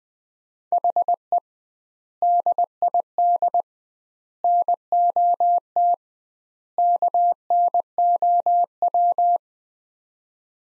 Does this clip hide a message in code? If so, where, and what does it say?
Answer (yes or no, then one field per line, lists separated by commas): yes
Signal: Morse code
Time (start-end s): 0.7-9.4 s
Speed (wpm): 20 wpm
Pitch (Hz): 700 Hz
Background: none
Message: HE DID NOT KNOW